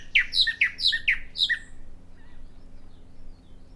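Bahama mockingbird song: a quick phrase of sharply down-slurred whistled notes repeated several times, then a pause with faint background hum.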